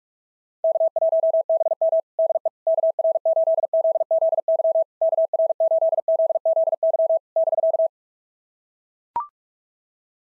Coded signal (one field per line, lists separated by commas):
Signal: Morse code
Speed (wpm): 42 wpm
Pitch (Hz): 650 Hz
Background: none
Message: K1BM DE KR8ZZY KR8ZZY <BK>